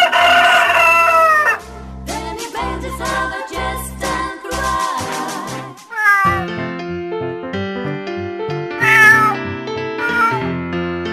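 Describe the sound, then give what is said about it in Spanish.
Drawn-out cat meows and a rooster's cock-a-doodle-doo ring out over steady, pulsing low tones, with loud wavering calls repeating throughout and no talking. “Un gato y un gallo van por la barandilla de un puente.”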